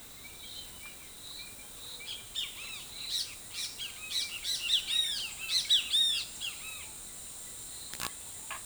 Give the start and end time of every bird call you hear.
[2.33, 6.88] Great Kiskadee (Pitangus sulphuratus) (1.0-16.4 kHz)

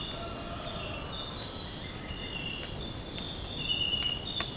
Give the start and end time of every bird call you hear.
[1.71, 2.35] Bright-rumped Attila (Attila spadiceus) (1.3-2.6 kHz)

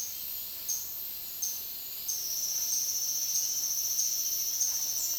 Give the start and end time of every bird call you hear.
[2.07, 5.18] Silvered Antbird (Sclateria naevia) (4.5-7.1 kHz)

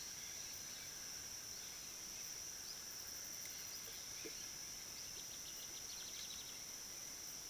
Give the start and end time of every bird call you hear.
[5.03, 6.51] Gray-capped Flycatcher (Myiozetetes granadensis) (1.9-5.3 kHz)

